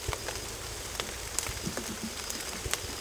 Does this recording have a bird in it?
no